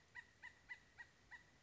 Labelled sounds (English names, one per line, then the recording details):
Acorn Woodpecker
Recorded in Sonoma County, California